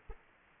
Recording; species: mosquito wingbeat signal from an infrared sensor; Aedes aegypti